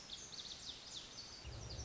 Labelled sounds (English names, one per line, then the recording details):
Lazuli Bunting
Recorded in Sonoma County, California